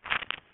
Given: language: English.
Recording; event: throat vibration sensor signal played as sound; swallow